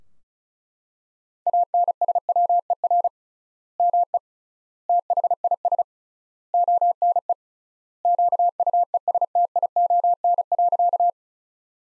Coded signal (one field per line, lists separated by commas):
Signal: Morse code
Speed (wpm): 36 wpm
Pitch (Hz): 700 Hz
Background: none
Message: ANSWER ME THIS ONE QUESTION.